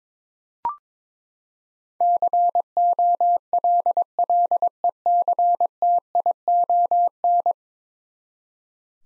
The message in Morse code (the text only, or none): COLLECTION